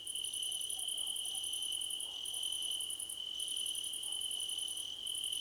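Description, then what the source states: Crickets calling, with a steady high buzz and very high rapid pulses in bursts of one to two seconds, separated by brief pauses. Crickets in a choir competition.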